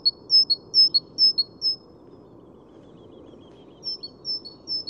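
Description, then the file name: Great tit song: loud two-note phrases, high then lower, a silent gap, then the phrases resume; a faint thin series of high notes in between. "Parus major"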